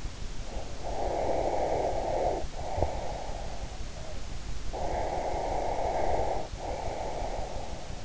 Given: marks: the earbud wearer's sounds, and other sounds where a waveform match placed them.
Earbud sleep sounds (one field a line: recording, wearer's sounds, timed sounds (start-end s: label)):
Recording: sounds in sleep by an in-ear microphone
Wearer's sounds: breath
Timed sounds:
0.60-3.90 s: breath
4.76-8.05 s: breath